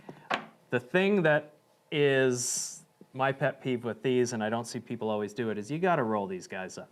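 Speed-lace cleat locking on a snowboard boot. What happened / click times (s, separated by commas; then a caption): The lace cleat locked back into place / 0.1 s, 0.3 s. On a dual-pull speed-lace snowboard boot, the lacing cleat is locked back after the laces are pulled up, giving two sharp hits at 0.1 s and 0.3 s. Someone then talks for the rest of the clip. The cleat seats and locks back.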